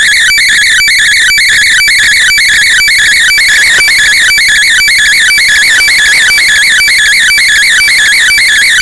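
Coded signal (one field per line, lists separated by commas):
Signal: weather fax (radiofax)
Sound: warbling tone with a rhythmic tick-like chirp twice per second, steady throughout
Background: radio static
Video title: 13986.6kHz JMH Radio Fax by JMA, Test Chart & Satellite Photo of Typhoon Maria / FAX Softwear KG-FAX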